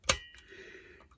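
A steel circlip is pushed down with a screwdriver on a shaft of a Puch Maxi E50 moped engine until it snaps into its groove against the bearing, seating properly. A sharp, bright metallic click at 0.1 s rings with a short tonal decay, followed by a faint tap around 0.4 s and a small tick near 1.1 s.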